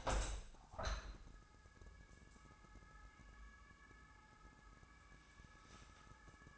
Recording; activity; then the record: daily activity, microphone in the room; open window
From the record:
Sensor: 2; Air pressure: 1000.4 hPa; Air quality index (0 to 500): 136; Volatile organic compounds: 2 ppm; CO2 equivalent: 1130 ppm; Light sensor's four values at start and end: 11/30/11/13 and 11/31/12/14